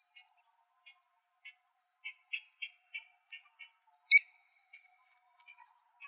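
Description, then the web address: Parrot calls: a run of short, clipped chirps repeated every few tenths of a second, then one loud sharp squawk, followed by a few softer scattered notes. "Sound Library Parrots"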